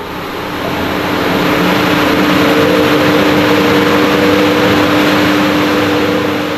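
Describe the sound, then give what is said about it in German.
Cooling system fans at the Svalbard Global Seed Vault on Spitsbergen roar to life, swelling up within the first half second into a loud, steady whooshing rush with a constant low droning hum underneath, and no voices. “Plötzlich beginnen die Ventilatoren der Kühlanlage zu toben.”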